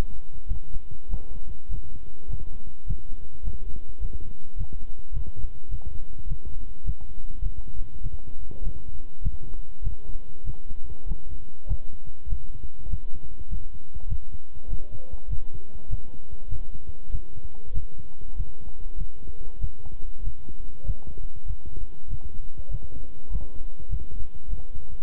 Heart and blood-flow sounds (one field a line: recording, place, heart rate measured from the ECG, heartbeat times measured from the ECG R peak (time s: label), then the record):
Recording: heart sounds by stethoscope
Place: between the tricuspid and mitral areas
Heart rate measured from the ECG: 100 bpm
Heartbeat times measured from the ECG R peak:
0.46 s: heartbeat
1.08 s: heartbeat
1.68 s: heartbeat
2.28 s: heartbeat
2.85 s: heartbeat
3.43 s: heartbeat
4.00 s: heartbeat
4.56 s: heartbeat
5.12 s: heartbeat
5.69 s: heartbeat
6.26 s: heartbeat
6.83 s: heartbeat
7.41 s: heartbeat
8.01 s: heartbeat
8.62 s: heartbeat
9.21 s: heartbeat
9.82 s: heartbeat
10.44 s: heartbeat
11.06 s: heartbeat
11.66 s: heartbeat
12.28 s: heartbeat
12.88 s: heartbeat
13.48 s: heartbeat
14.07 s: heartbeat
14.68 s: heartbeat
15.28 s: heartbeat
15.88 s: heartbeat
16.48 s: heartbeat
17.10 s: heartbeat
17.72 s: heartbeat
18.35 s: heartbeat
18.96 s: heartbeat
19.59 s: heartbeat
20.22 s: heartbeat
20.84 s: heartbeat
21.45 s: heartbeat
22.08 s: heartbeat
22.69 s: heartbeat
23.29 s: heartbeat
23.88 s: heartbeat
24.48 s: heartbeat
From the record:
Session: walking at 3.7 km/h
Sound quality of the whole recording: good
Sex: male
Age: 26 years